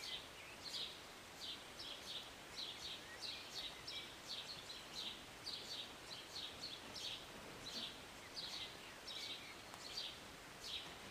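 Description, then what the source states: Birds chirping, quick high notes repeated more than once a second, over a constant background hiss. Birds singing and chirping in short morning rain, recorded on a city balcony on a Sunday morning.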